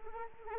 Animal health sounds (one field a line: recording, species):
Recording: mosquito wingbeat signal from an infrared sensor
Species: Anopheles arabiensis